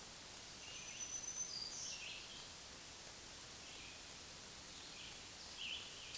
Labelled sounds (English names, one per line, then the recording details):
Black-throated Green Warbler song
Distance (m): 40 m
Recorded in a Pennsylvania forest on 1 June 2023 at 07:43
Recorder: AudioMoth, point grid3_13_low
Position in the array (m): 162 m, 137 m